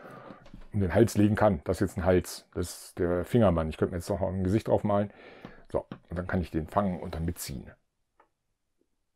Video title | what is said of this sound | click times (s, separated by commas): 🛡️ MATTEL MotU Origins - Snake Armor He-Man - Masters of the Universe - Review unboxing deutsch | gut dann klemmchen hält die kann man nicht und bei ihm hält das Ding und wir an am Abend nicht das rastet nicht ein es wird also wirklich eingeschoben okay | none